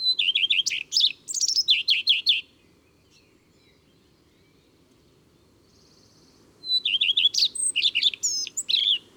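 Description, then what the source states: Common redstart singing bursts of song separated by a long pause, made of repeated looping notes and scratchy, varied notes, over faint low background noise. Recorded in April.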